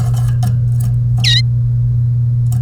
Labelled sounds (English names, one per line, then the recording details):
Domestic Canary song
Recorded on 1 May 2018 at 08:33
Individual llb3